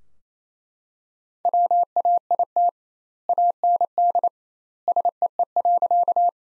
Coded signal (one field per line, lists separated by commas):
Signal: Morse code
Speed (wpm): 28 wpm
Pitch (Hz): 700 Hz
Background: none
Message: WAIT AND SEE.